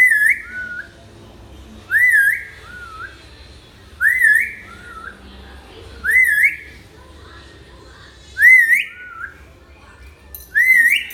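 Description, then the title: Hill myna repeating a loud wavering whistled phrase with a lower trailing note, about every two seconds. Active, persistently singing bird; recording intended as a tutor track for training other birds. "Suara Burung Beo Gacor Cocok Untuk Masteran"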